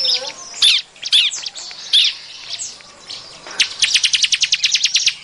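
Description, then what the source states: Bar-winged prinia giving a few harsh, scattered notes, then a quick rattling series of sharp high chirps to the end. Noisy lure call used to attract birds.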